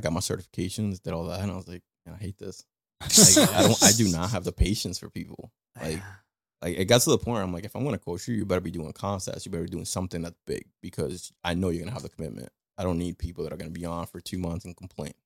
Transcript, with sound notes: I got my certifications, did all that. And I was like, I hate this. (laughing) I do not have the patience for people.
Yeah.
Like, it got to the point, I'm like, if I'm gonna quote, sure, you better be doing concepts, you better be doing something that's big, because I know you're gonna have the commitment, I don't need people that are gonna be on for two months and complain.